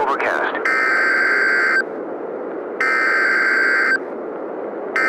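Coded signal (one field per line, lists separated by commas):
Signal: Emergency Alert System (SAME) tones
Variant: header bursts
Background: speech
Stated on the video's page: Fictional analog-horror EAS scenario about a failed weather-control experiment.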